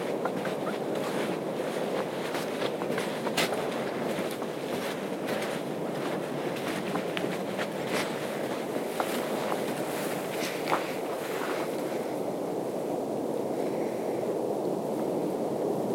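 A night hike on the Appleton Trail: steady low rushing wind, dotted with sharp crunching clicks that thin out after about twelve seconds.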